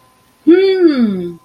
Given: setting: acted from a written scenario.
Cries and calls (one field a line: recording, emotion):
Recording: vocal sound without words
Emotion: interest